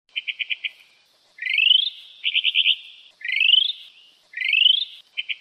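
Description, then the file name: Mockingbird song: a bright rapid trill alternating with rising slurred whistles, phrases repeated about once a second, no other sounds. "mockingbird ekorpanjang"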